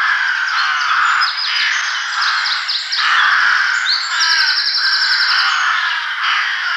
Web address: Przyroda Ptaki Gawron